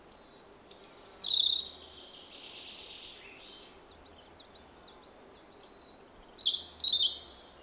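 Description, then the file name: European robin giving two bright, tinkling song phrases of falling whistled notes, separated by a few seconds of quieter, scratchy high notes and steady low hiss. Possibly recorded on 18 September 2024. "Erithacus rubecula 240918"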